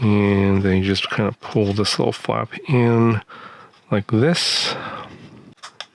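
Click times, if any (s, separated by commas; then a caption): 5.8 s. Someone talks while pushing the small plastic battery compartment flap into the handle of a Radiomaster T8L radio transmitter after the 18650 cells go in. A single sharp snap sounds at 5.8 s as the flap seats, sitting flush.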